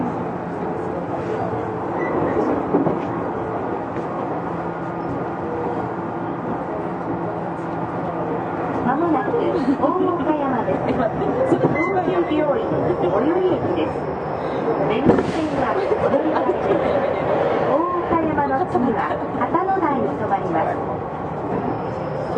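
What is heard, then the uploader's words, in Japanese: Aboard a Tokyu 6000 series express running from the Den-en-toshi Line onto the Oimachi Line, a steady low rumble continues throughout. Overlapping voices chatter densely over it, and a brief louder clatter breaks through around fifteen seconds. 東急6000系 あざみ野〜大井町。田園都市線から大井町線に直通する急行大井町行を録音。二子玉川から大井町線に入る。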